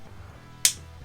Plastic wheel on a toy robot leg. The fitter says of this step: like so nice satisfying click we like those there's another one here